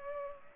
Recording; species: mosquito wingbeat signal from an infrared sensor; Culex pipiens